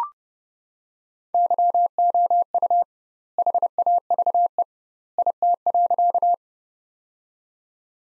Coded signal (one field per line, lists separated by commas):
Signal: Morse code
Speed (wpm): 32 wpm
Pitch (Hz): 700 Hz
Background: none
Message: YOU HAVE IT.